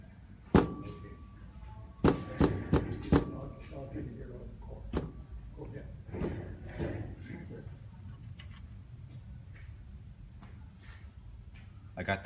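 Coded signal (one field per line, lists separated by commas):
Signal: tap code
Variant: POW tap code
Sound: a single knock, a pause, then four evenly spaced knocks; quiet afterward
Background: small room, faint speech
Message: D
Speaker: you think you could tap out something for us and we can figure it out you can't go very fast though can't go very fast well I can tap out my name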